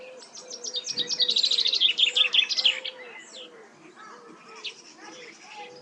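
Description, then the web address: Common chaffinch delivers one fast, rattling trill that descends in steps to an accented end phrase, over a steady series of low repeated notes from another bird. "Deverinetal 2025 File origin Bird Only Fr Co"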